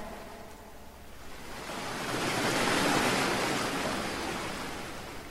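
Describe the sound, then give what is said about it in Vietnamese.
A wave several metres high surges in beneath a boat with a broad, hissing roar and crashes against a rock cliff, swelling to a loud peak midway before slowly easing off as the water churns. No voices. “Lại còn một con sóng cao mấy mét ập đến, đung đưa lay động bên dưới con thuyền, rồi quật vào vách đá.”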